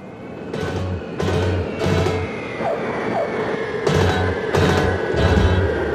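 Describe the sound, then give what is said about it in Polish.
A supersonic plane landing sound effect used as an additional station signal of Polish Radio Program Three (Trójka): a loud, steady mechanical roar with a deep rumble, punctuated by rhythmic bursts of hissing noise that come in two groups of three, with no voices. “To jest ten, w którym ponaddźwiękowy samolot ląduje, przynosząc...”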